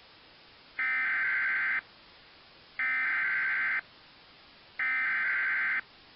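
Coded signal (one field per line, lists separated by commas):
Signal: Emergency Alert System (SAME) tones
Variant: header bursts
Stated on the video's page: Recreation of 2001 New York severe thunderstorm alerts using actual text products but not the original audio; the tones are valid EAS tones.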